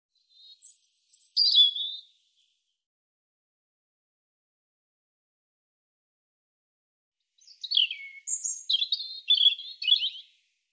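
European robin song: two high, tinkling phrases separated by a long pause, the second phrase longer.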